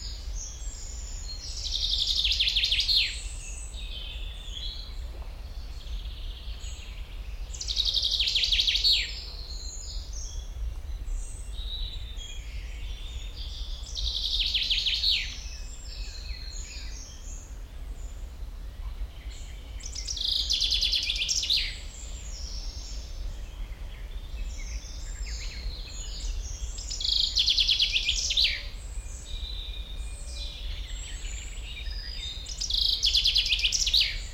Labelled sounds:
Common Chaffinch

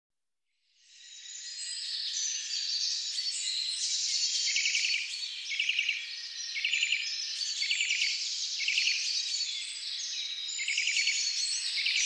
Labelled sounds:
Eurasian Nuthatch song

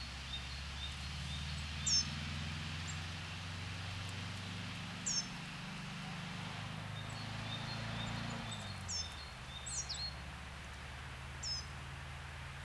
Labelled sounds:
Coal Tit song

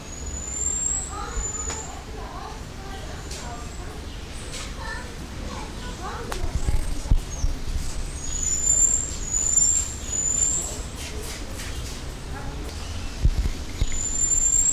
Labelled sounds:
Weeper Capuchin call

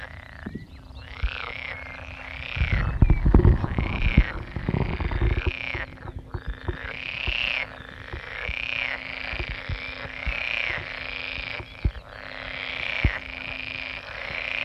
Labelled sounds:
Pool Frog call

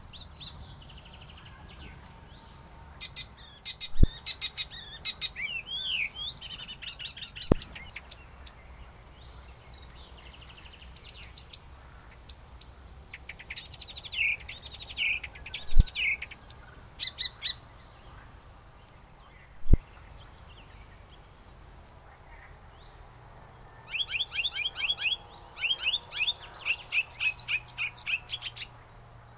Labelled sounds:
Icterine Warbler song

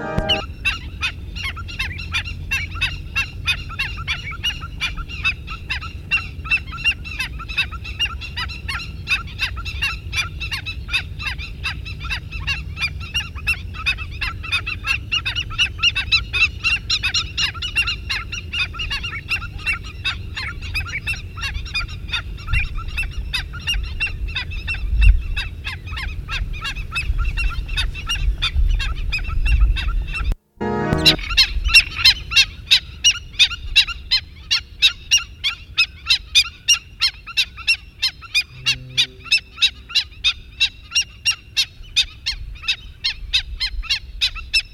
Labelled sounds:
Black-winged Stilt call

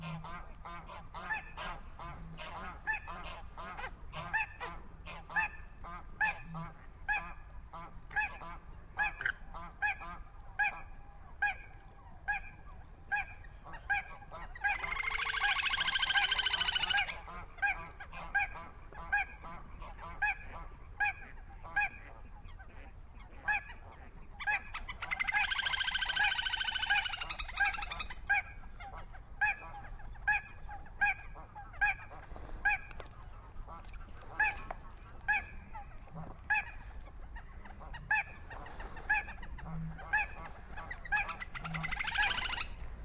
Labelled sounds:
Little Crake

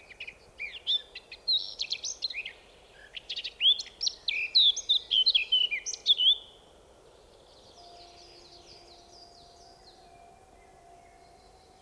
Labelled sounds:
Eurasian Blackcap song

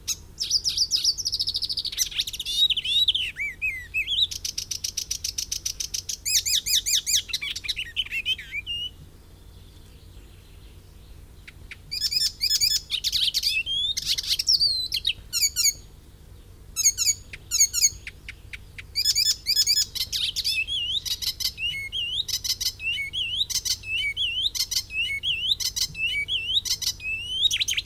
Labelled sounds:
Icterine Warbler song

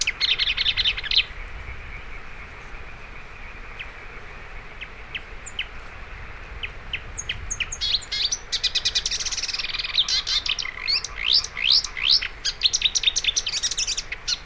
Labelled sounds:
Marsh Warbler song

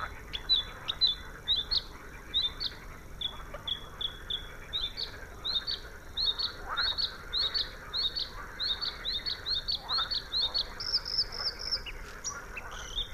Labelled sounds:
Bluethroat song

